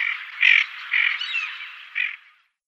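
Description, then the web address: Tufted duck female calls: rough, grating bursts, three or four loud harsh notes with softer rasping sounds between, fading out at the end. "Schulze Peter Tufted Duck females"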